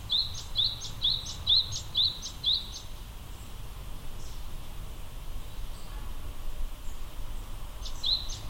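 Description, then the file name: Japanese tit repeating a quick, ringing two-note motif about six times in a phrase, then a long pause before the song begins again, with low background hum. Recorded at Akasaka on 2 March 2022. "sijuukara 20220302 akasaka"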